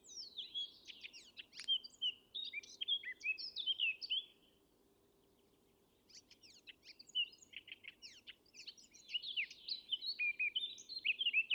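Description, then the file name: Eurasian blackcap giving lively, jumbled warbles of sharp chirps and sweet whistles, pausing briefly midway before resuming with a longer, busier phrase. "Sylvia atricapilla"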